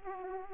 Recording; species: mosquito wingbeat signal from an infrared sensor; Aedes aegypti